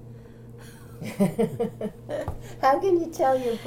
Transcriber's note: chuckles